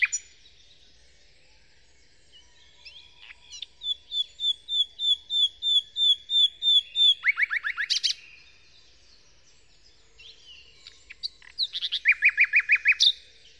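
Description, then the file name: Common nightingale song with a long run of rapid, sharp repeated notes, then a loud chattering burst, a pause, then another fast, rattling phrase of harsh repeated notes. Song, Kent, 2008; recordist Phil Riddett. "nightingale-song-recorded-in-kent-2008-by-phil-riddett"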